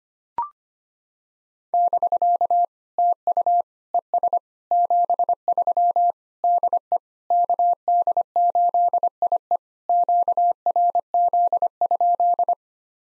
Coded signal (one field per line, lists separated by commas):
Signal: Morse code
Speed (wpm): 25 wpm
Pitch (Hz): 700 Hz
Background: none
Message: <BK> TU ES 73 DE KD8IE QRZ?